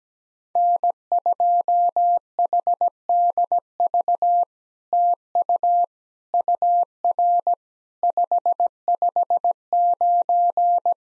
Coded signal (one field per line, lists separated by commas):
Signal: Morse code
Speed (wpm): 17 wpm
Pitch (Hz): 700 Hz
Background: none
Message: N2HDV TU UR 559